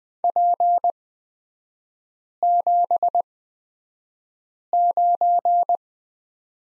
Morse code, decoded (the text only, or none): P79